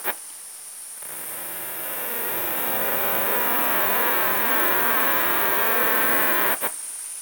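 Cicada (Cicadetta brevipennis): cicada's rasping buzz starts after a short pause, grows louder over a few seconds, holds steady, then breaks off briefly near the end.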